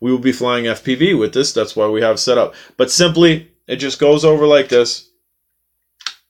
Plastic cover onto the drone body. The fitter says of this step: and everything just kind of clicks in place and myself